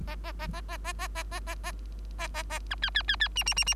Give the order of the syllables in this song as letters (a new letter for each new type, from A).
A A A A A A A A A A A A A A B C C C C D D D D